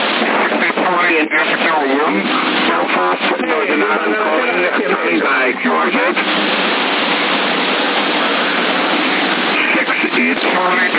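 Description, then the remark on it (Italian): A garbled single-sideband CB radio transmission: a warbling, squeaky, unintelligible voice over a steady hiss of static, loud and continuous for the whole stretch, with a thin, band-limited tone. “Si è messo in banda laterale, si è messo il portantista, ho capito.”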